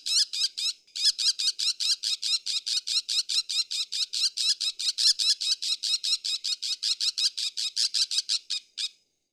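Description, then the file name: Bull-headed shrike calling in a long, rapid run of high, sharp squeaky notes, briefly pausing near the start, then continuing steadily for about eight seconds. "mozu"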